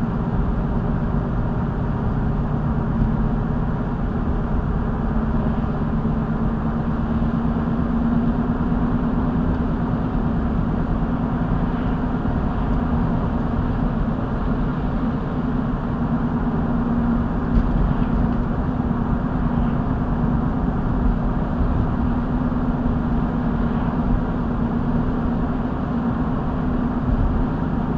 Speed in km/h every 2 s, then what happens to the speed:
71, 72, 76, 76, 81, 81, 84, 84, 79, 77, 79, 79, 79, 82.
0-12 speeds up to 84. 12-28 steady at about 79.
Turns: none.